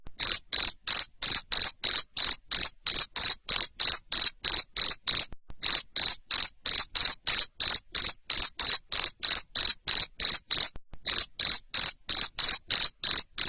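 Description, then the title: Cricket producing a long run of bright, high chirps, about three per second, interrupted by two brief pauses. Loud cricket chirping played to make lovebirds keep singing. "Suara JANGKRIK NGERIK Keras Bikin LOVEBIRD Jadi NGEKEK Terus Vubey"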